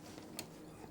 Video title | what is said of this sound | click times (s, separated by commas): Brother PE900 two designs on 5 x 12 multiposition hoop | And you pull it to the left and you'll feel and hear the click, like I showed you before. | 0.4 s